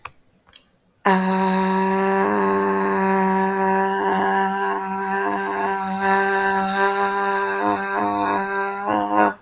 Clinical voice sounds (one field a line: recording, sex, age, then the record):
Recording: vowel held as long as possible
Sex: female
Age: 30 to 39 years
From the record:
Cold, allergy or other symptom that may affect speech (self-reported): no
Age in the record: 30 years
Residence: South Carolina, United States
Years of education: 16